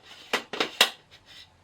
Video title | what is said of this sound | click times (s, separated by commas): Canon RF 200-800mm Lens and my thoughts on the lens | You hear the click. Clicks into place. | 0.8 s